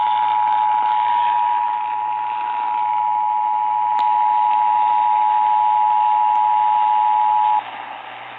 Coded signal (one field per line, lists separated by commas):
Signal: Emergency Alert System (SAME) tones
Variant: 853 and 960 Hz attention tone